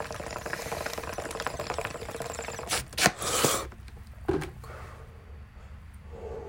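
After a few seconds of steady room noise, a cluster of about three loud, harsh bursts is followed by one more a second later. This is a forceful coughing fit in an adult during a smoke break.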